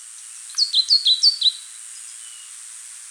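Spot-winged tit song: a quick run of three high, thin, descending two-note phrases, clear above a steady high hiss.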